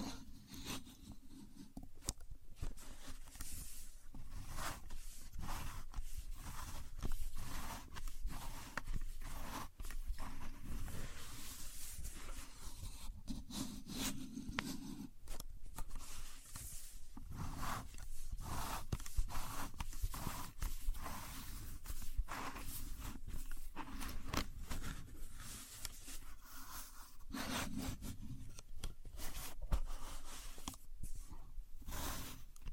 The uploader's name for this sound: Using A Contour Gauge (No Talking)